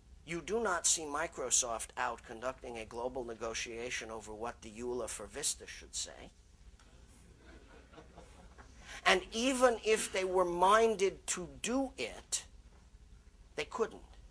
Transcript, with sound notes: You do not see Microsoft out conducting a global negotiation over what the EULA for Vista should say. [laughter] And even if they were minded to do it, they couldn’t.